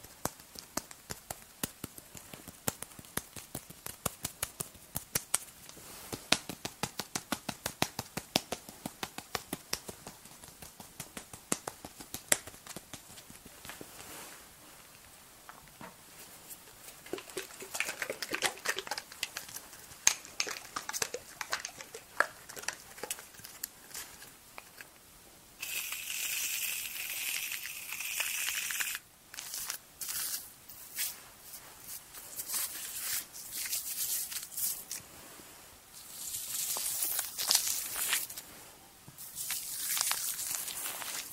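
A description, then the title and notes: Cleansing and face-touching sounds with body mousse: for the first twenty-five seconds, dense, fast crackling clicks and soft rubbing come in quick, irregular bursts. After that, bright hissing blasts of foam take over in long stretches, broken by short pauses, with a few more bursts near the end. ASMR Relaxing Massage (Cleansing, Face Touching, Body Mousse, Personal Attention, No Talking).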